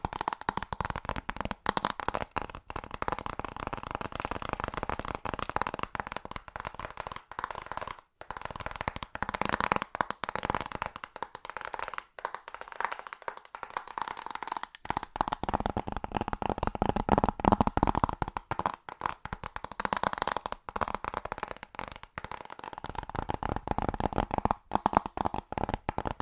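Fast tapping runs almost without pause for the whole stretch, a dense, rapid patter of small clicks that blur into a steady rattle. A few brief gaps break it, near 8 and 13 seconds. A faint steady tone hums underneath throughout.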